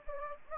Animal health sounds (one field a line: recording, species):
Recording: mosquito wingbeat signal from an infrared sensor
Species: Anopheles gambiae